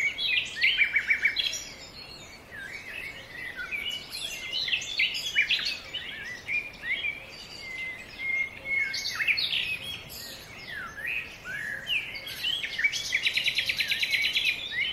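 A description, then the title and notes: Birds sing in a tropical forest, several voices overlapping without pause in a dense chorus of bright chirps, whistles and quick trills. A fast, buzzing trill stands out near the start and again toward the end, over a soft steady hiss. Birds Singing In A Tropical Forest. Forest Bird Songs. These happy birds singing and chirping.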